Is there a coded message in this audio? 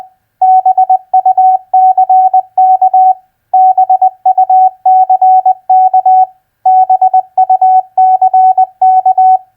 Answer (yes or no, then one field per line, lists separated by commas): yes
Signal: Morse code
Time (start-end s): 0.4-9.4 s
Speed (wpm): 20 wpm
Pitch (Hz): 750 Hz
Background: none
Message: BUCK BUCK BUCK